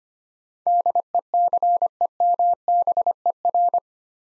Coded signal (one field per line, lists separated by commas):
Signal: Morse code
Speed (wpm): 25 wpm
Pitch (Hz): 700 Hz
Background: none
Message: DECEMBER